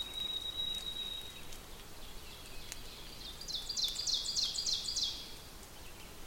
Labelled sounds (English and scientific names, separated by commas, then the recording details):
Ovenbird (Seiurus aurocapilla) song
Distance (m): 55 m
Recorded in boreal forest in Alberta, Canada, on 5 June 2016 at 08:54
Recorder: SongMeter 3, array SBT-3-51
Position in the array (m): 213 m, 20 m
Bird 27